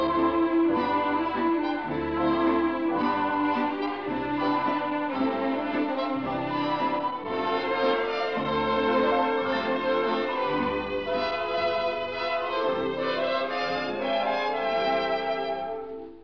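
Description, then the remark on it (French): A French chanson recording plays: a lush instrumental passage of sustained chords and a flowing melody, holding a steady moderate volume throughout with no voice heard. “I hope I can be excused with this song. Here we go.”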